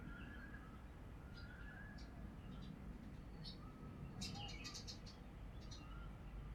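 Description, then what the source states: Birds calling, with soft whistled notes and a burst of sharp high chirps in quick succession, set against constant low-frequency background noise. Recorded in spring.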